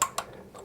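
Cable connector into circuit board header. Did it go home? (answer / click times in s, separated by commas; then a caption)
yes / 0.0 s. A second keyed mate-and-lock cable connector is pushed onto another header on a circuit board and locks in with a sharp, bright click at 0.0 s, confirming it is seated. A fainter tick follows at 0.2 s, and a soft tap at 0.7 s, with near silence in between.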